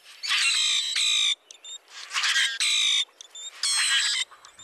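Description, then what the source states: Common Grackle song: harsh, metallic, creaking squeaks in several grating bursts, with softer scratchy clicks between them, sounding almost mechanical. Song described as metallic and almost mechanical.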